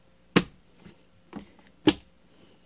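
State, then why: Seated. A RAM stick is pressed down into a motherboard DIMM slot inside an NZXT H440 PC case. Two loud, sharp clicks ring out at 0.4 s and 1.9 s, with a few faint taps between them. The memory module is seated in the slot.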